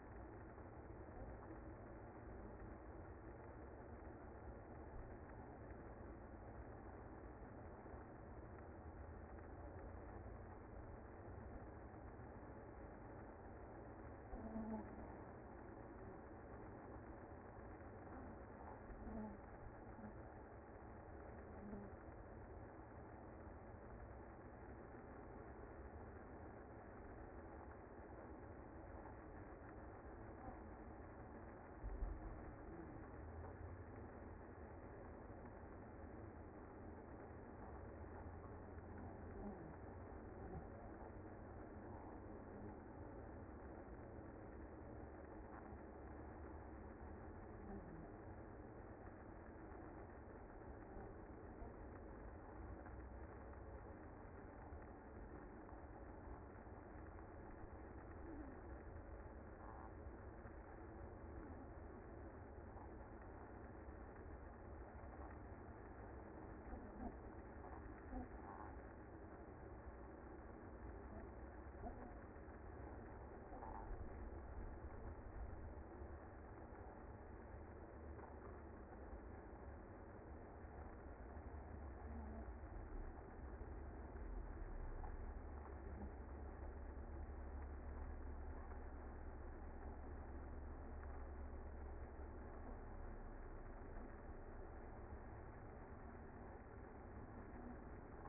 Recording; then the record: honeybee colony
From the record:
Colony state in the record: active